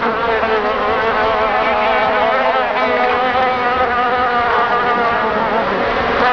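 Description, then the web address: Insect giving a continuous buzzy drone whose tone wobbles gently up and down for the whole stretch. "animali insetti insetti insect"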